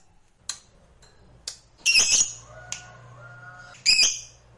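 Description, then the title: Lovebird giving a few harsh, high squawking bursts, two loud clusters about two seconds apart, with faint clicks and a soft low hum between them. Recording meant to stimulate a lazy, quiet lovebird into eager, spontaneous, sustained singing. "LOVEBIRD Malas Bunyi JADI GREGET SPONTAN Langsung NARIK"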